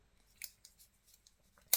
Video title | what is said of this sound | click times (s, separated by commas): Hybrid Flashlight meets STYLE! - Rovyvon e30 review - 4K | All right, so it snaps into place just like there. | 1.7 s